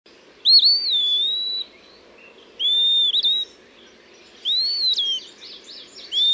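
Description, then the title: Eastern Wood-Pewee singing clear, slurred whistled phrases, some rising and some falling, about every two seconds. "LuckyPassaro Completos2Sama. Eastern Wood Pewee (Contopus virens)"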